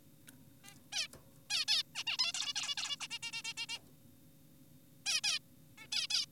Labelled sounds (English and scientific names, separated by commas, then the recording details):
Zebra Finch (Taeniopygia guttata)
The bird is an adult
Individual g4p5U